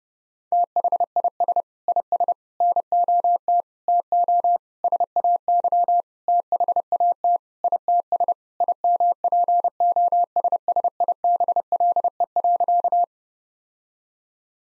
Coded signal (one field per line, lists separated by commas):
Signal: Morse code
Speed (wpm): 30 wpm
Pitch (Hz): 700 Hz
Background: none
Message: THIS IS NOT TO SAY THAT ITS IMPOSSIBLE.